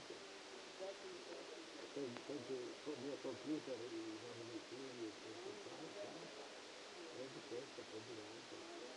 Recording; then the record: brain microelectrode recording played as sound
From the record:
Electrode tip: outside the subthalamic nucleus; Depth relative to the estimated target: 7 mm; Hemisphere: left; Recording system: NeuroSet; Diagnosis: Parkinson's disease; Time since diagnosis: 8 years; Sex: male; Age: 65 years